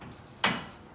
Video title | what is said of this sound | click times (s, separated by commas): Paralyzed Quad Showers Over A Tub Using Special Chair | then once we hear that click means I'm secured in the top | 0.4 s